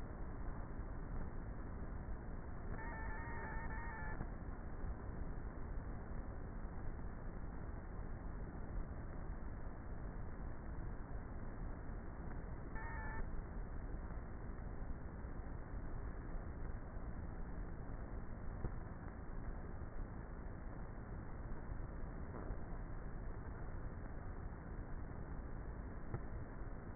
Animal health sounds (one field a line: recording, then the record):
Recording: honeybee colony, microphone inside the hive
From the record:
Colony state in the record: queenless with a low population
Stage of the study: before two queens were removed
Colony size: about 30,000 bees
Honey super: no